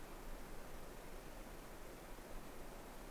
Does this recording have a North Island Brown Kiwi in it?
no